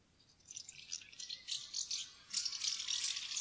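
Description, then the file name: House martin chatter: quiet at first, then short scratchy rattling bursts building in loudness and ending in a fuller run of buzzy twittering. "taksvale"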